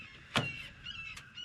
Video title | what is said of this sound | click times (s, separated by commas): Is This the Future of Lawn Mowing? OPINIONS WANTED! | Okay, just engaged, clicked. | 0.4 s